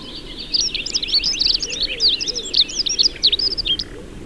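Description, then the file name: Dunnock, a fast high warbling stream of squeaky notes running for about three seconds, over a steady low background rumble. "Prunella modularis"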